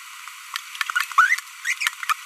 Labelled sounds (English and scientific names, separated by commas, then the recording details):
Green-rumped Parrotlet (Forpus passerinus) babbling
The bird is a female
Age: 25 days
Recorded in a nest box in Venezuela
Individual 17B42B1